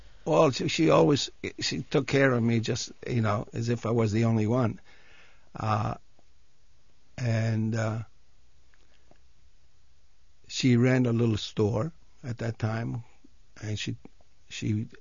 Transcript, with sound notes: Well she, she always took care of me just, you know, as if I was the only one. And (he pauses) she ran a little store at that time. And she